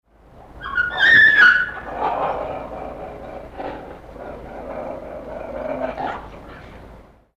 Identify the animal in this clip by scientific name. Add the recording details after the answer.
Canis aureus. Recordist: Tembrock, Günter. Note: Abwehrlaute eines Weibchens